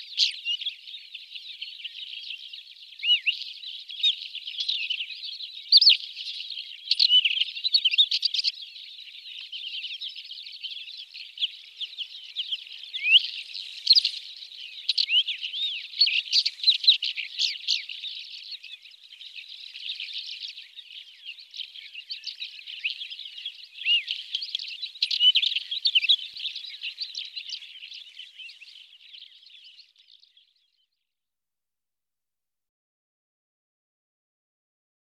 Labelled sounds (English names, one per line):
Isabelline Wheatear song